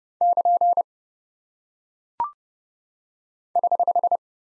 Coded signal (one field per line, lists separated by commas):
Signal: Morse code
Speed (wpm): 30 wpm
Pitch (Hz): 700 Hz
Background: none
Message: <KN> <HH>